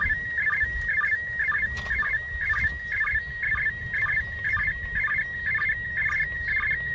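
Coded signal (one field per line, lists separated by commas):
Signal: SSTV (slow-scan television)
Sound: steady high whistle broken by quick warbling chirps about twice a second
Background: radio static, low rumble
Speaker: this was a pretty impressive receipt when you think about it uh considering that it's now close to 40 degrees in altitude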